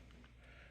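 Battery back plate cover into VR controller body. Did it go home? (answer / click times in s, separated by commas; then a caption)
no / none. A battery back plate cover is lined up in the grooves of a Meta Quest Touch Plus controller body before being pressed home. Two faint, brief handling taps are heard at about 0.1 and 0.2 seconds over a low steady background. Nothing has clicked or seated yet.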